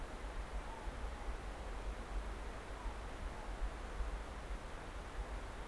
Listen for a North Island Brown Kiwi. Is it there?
no